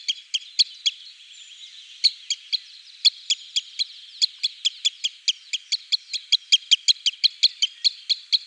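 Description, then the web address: Green sandpiper calls, a fast run of sharp, clicking ticks repeated several times a second, pausing near the start and then speeding up. "Schulze Peter Green Sandpiper calls"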